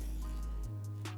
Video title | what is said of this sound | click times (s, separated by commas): ESCAPE CAM Set-Up with Daniel Nilsson | until you hear that little click | 1.0 s